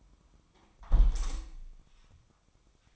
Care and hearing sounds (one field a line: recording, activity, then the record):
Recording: daily activity, microphone in the room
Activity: close window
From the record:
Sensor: 1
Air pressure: 1004.6 hPa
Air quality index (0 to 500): 111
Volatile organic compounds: 3 ppm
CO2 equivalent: 1534 ppm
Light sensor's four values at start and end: 9/21/8/9 and 8/20/8/9